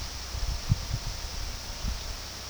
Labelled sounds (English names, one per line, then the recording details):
none
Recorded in pastures near Puerto Asís, Putumayo, Colombia, on 21 February 2024 at 11:00
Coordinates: 0.486, -76.323
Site G6462